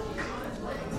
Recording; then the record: background sound without coughing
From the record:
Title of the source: 60 minutes of coffee shop sounds for study and concentration